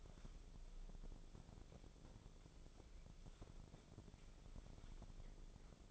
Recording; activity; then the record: daily activity, microphone in the room; wipe stove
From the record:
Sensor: 5